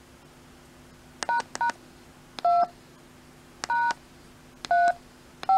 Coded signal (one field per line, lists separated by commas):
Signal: DTMF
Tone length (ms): 120 ms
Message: ## 2 # 3